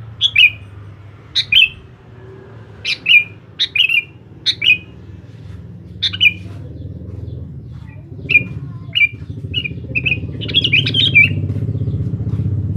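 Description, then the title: Sooty-headed bulbul song: a series of short chirp-and-whistle phrases roughly every second or so, turning into quicker repeated notes and a bubbly run, over a growing low rumble. "Kutilang"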